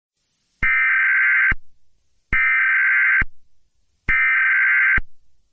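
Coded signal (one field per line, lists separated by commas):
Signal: Emergency Alert System (SAME) tones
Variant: header bursts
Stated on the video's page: Trailer for a fictional EAS series.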